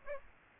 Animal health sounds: mosquito wingbeat signal from an infrared sensor; Aedes aegypti

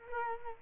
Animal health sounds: mosquito wingbeat signal from an infrared sensor; Culex quinquefasciatus

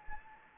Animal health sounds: mosquito wingbeat signal from an infrared sensor; Anopheles gambiae

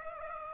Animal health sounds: mosquito wingbeat signal from an infrared sensor; Aedes aegypti

